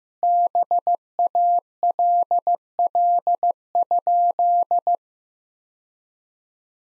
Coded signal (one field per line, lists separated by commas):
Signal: Morse code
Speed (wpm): 15 wpm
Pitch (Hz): 700 Hz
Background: none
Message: BALL?